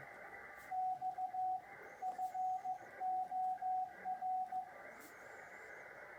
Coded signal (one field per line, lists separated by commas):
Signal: Morse code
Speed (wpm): 15 wpm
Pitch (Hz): 740 Hz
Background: radio noise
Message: X FOR